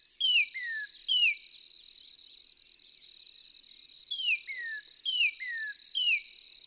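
Northern cardinal song: two-note whistled phrases, a bright downslur then a lower falling note, in a brief pair, a pause, then three more, over a steady high drone.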